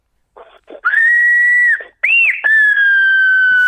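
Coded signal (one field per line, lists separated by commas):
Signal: whistled language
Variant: Silbo Gomero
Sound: loud pure whistle held around one pitch, a rising-falling swoop, then a long drawn-out tone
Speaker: le hemos pedido también a eugenio arias el silbador gomero que diga tu nombre silbando jade para advertirte de que quiere iniciar una conversación contigo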